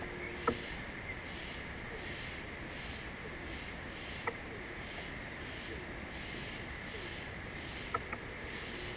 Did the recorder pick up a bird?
no